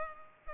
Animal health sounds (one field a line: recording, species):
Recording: mosquito wingbeat signal from an infrared sensor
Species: Culex pipiens